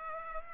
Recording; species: mosquito wingbeat signal from an infrared sensor; Culex pipiens